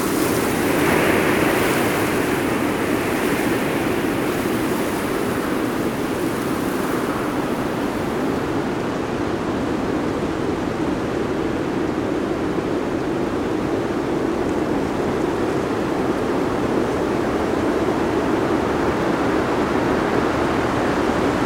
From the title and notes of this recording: NepalMountainwind. Slow treking in the Himalyas.